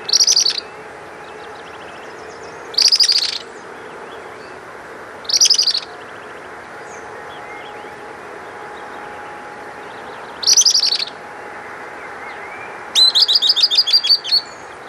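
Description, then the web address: Bird calls: short, loud, high-pitched bursts of rapid notes, repeated irregularly every few seconds, with a longer trilled series near the end over a steady background hum. "BIRD SABIOD bird"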